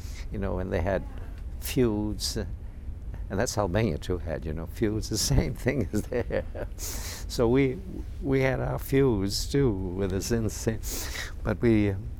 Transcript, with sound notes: You know, and they had feuds. And that's Albania, too, had, you know, feuds, the same things as there. ( he laughs ) So we, we had our feuds, too, with this. But we